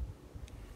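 A trail camera is slid onto the green latch of its mounting system on the right-hand side and snaps into place. A short, sharp click at 0.5 s stands out over a steady low rumble of wind-like noise. The camera is seated in the mount.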